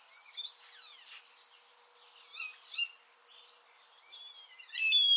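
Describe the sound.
Eurasian starling song, a jumble of whistles, clicks and short squeaky notes, ending in louder bright whistled phrases.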